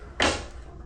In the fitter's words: Okay, I heard the click. Click is good.